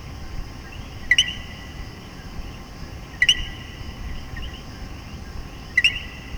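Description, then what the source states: Coquí calling three times, each a clipped low note followed by a higher note, spaced about two seconds apart over steady background noise. Puerto Rico.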